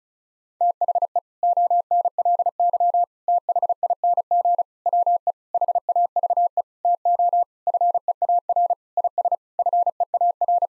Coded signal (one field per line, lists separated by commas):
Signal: Morse code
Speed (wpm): 34 wpm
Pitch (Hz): 700 Hz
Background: none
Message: THE ONLY THING WE HAVE TO FEAR IS FEAR